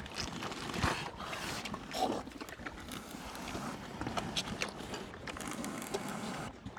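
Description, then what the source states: Pigs eating, with steady crunching, smacking and rustling, and a short faint grunt near the two-second mark. Herd of pigs eating.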